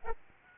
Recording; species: mosquito wingbeat signal from an infrared sensor; Aedes albopictus